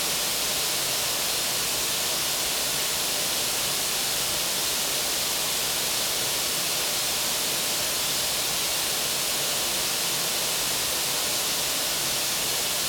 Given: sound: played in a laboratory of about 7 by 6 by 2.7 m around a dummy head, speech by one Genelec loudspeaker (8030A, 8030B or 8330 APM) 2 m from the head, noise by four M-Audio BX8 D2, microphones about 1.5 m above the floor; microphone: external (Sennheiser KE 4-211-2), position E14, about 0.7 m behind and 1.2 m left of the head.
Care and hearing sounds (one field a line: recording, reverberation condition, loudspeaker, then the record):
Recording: white noise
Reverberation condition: high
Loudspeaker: four, about 170 cm from the corners of the room and facing them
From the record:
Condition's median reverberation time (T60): about 1300 ms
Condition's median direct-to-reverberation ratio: about -4.0 dB